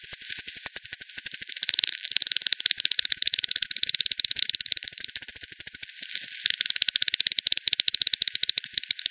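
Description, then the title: Bat: unbroken rapid clicking, pulses running together into dense rattling stretches. Multiple bats at Hogsmill River, Hogsmill Lane, 7 October 2020, 18:10; bat-detector recording frequency-divided by 10, band-pass filtered and resampled. "WW bat 20201007 T 18 : 10 Z-Hogsmill-Lane-Hogsmill-River-multiple-bats"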